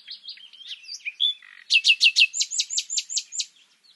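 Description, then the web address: Common nightingale song with varied warbled notes, then a loud rapid series of sharp repeated notes. "SETE Luscinia megarhynchos"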